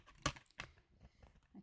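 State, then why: Partly seated. A thin metal cutting die is pressed into the raised groove of a plastic embossing folder for partial embossing. A sharp snap is heard at 0.3 s, followed by a second fainter click and light crinkling. The die only semi-snaps into place, sitting roughly positioned rather than fully locked.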